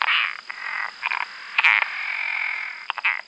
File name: Rana latouchtii